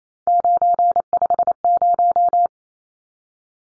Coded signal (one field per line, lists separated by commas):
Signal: Morse code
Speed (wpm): 28 wpm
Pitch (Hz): 700 Hz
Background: none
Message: 950